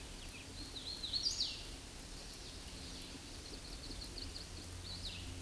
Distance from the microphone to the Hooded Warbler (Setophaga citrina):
about 45 m